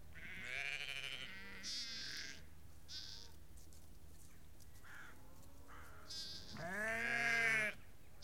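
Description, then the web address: Sheep bleating, several scattered quieter bleats of varying pitch, then a louder wavering bleat near the end. About 30 to 50 ewes and lambs calling. "The BBC Sound Effects Library Livestock About 30-50 Ewes and Lambs Calling"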